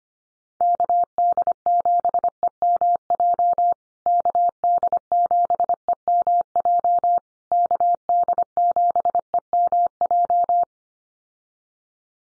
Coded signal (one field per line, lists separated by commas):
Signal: Morse code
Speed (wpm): 25 wpm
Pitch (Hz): 700 Hz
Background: none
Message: KD7EMJ KD7EMJ KD7EMJ